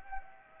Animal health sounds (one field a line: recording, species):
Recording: mosquito wingbeat signal from an infrared sensor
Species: Anopheles gambiae